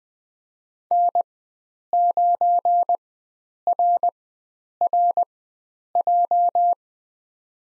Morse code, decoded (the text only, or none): N9RRJ